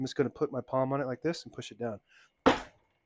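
Someone talks, then a replacement platen knob on a Hermes 3000 2nd or 3rd generation typewriter, already lined up, is pressed down by palm onto the platen shaft. A sharp click at 2.5 s marks the knob seating onto the shaft.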